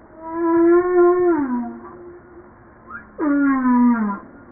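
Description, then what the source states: Humpback whale song: a sustained harmonic moan bending downward, a brief faint upsweep, then another long descending tonal unit. 5 March 1994 at 09:52.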